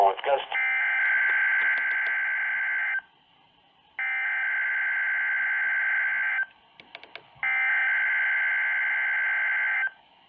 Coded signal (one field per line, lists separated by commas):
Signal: Emergency Alert System (SAME) tones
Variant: header bursts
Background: speech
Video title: (200TH VIDEO) [EAS #41] RWT (3/7/2018)